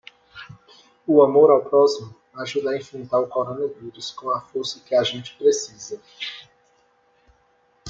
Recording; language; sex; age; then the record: spoken sentence; Brazilian Portuguese; male; 20 to 29 years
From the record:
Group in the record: control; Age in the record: 24 years